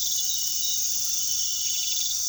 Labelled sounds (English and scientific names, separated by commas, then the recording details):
none
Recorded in pastures near Puerto Asís, Putumayo, Colombia, on 21 February 2024 at 01:00
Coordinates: 0.468, -76.328
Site G6414